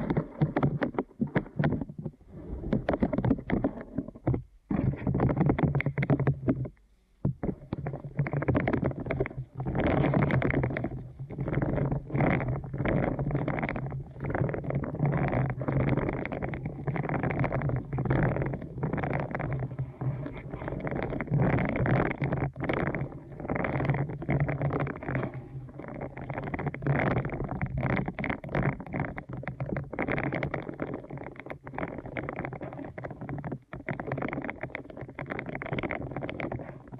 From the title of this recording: ASMR Deep Ear Canal Massage